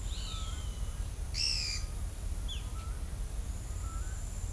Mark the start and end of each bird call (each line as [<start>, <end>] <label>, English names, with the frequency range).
[0.06, 0.86] Roadside Hawk (0.9-4.9 kHz)
[1.32, 1.79] Pale-eyed Pygmy Tyrant (1.5-10.1 kHz)